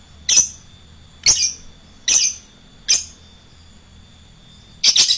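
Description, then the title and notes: Lovebird repeating piercing, high squeaky calls roughly once a second, then a quick burst of several at the end, over faint low background noise. Adult fighter lovebird. "#4. LOVEBIRD FIGTER. Lovebird Dewasa"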